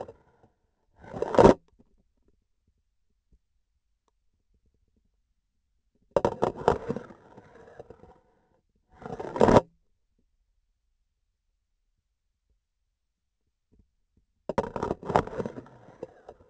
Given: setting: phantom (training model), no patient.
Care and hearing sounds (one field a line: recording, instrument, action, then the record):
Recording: laparoscopic instrument, vibration sensor on the handle end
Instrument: grasping forceps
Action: insertion and removal through the trocar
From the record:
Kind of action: spatial motion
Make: other than Olympus